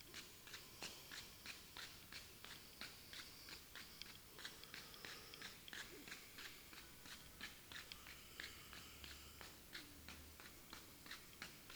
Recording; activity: daily activity, guitar pickup as the sensor; run